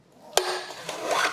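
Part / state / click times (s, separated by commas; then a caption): tail light unit into van rear body clips / seated / 0.4 s. A plastic tail light unit on a 2019 Ford Transit Custom 2.0L EcoBlue 170 van is pressed into its mounting clips on the rear body, with a faint rubbing scrape as it goes in. A sharp click at 0.4 s shows the unit has seated, followed by a softer knock near 0.9 s and continued rubbing.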